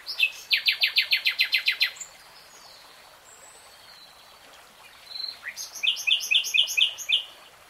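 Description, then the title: Nightingale song: a loud rapid trill of about a dozen repeated notes, a pause with faint whistles, then a phrase of repeated double notes. Nightingale singing in real time. "[Tiếng chim hót] 3 Hours REALTIME Nightingale Singing"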